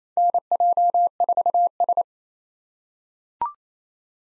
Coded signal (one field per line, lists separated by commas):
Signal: Morse code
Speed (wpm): 27 wpm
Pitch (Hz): 700 Hz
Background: none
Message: NJ4S